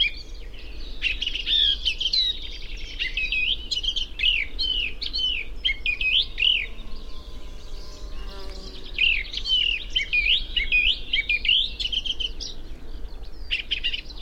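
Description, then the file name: Eurasian blackcap pouring out a rapid jumble of whistled and scratchy notes, with a brief lull midway. "Sylvia atricapilla"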